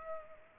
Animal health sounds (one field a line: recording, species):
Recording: mosquito wingbeat signal from an infrared sensor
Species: Culex pipiens